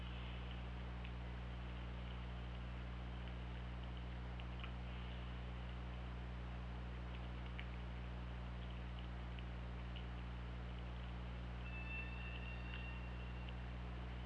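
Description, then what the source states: Killer whale whistle, a thin steady tone with faint overtones near the end, over constant low engine-like hum, hiss and scattered clicks. Underwater hydrophone at OrcaLab, 24 August 2017, around 23:49.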